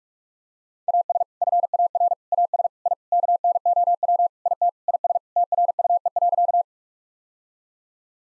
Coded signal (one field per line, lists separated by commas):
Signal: Morse code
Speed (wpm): 46 wpm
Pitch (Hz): 700 Hz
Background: none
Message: AS FAR AS I KNOW IT IS TRUE.